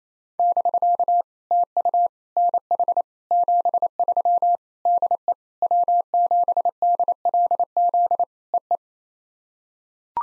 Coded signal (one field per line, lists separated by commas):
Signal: Morse code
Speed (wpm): 28 wpm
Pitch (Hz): 700 Hz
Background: none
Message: <BK> TU NH 73 DE W7DLZ EE